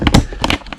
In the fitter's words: and slide that on there, you can see that that tab clicks into place there as well.